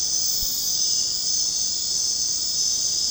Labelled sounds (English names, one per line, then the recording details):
none
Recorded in secondary vegetation near Puerto Asís, Putumayo, Colombia, on 23 June 2025 at 23:00
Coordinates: 0.484, -76.319
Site G074